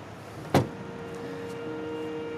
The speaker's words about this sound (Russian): Они складывают доспехи в машину.